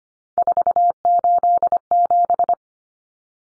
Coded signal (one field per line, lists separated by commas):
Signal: Morse code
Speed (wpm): 25 wpm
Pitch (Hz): 700 Hz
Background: none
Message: 487